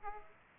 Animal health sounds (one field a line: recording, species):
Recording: mosquito wingbeat signal from an infrared sensor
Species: Aedes aegypti